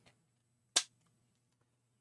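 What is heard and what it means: The top two plastic leg parts of a Fanhome 1:2 scale R2-D2 model kit (Issue 2) are pressed together. A faint tick at 0.1 s is followed by one sharp, bright snap at 0.8 s as the parts seat in place. Only a low hum follows.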